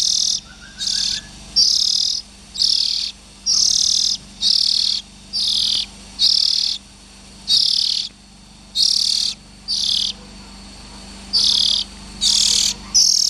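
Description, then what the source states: Oriental magpie-robin: a long run of scratchy buzzing bursts, about one per second, plus a brief soft rising twitter early on. Young birds.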